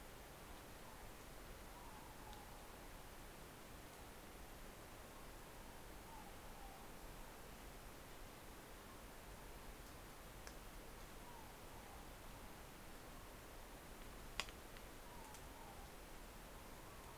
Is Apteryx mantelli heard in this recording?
no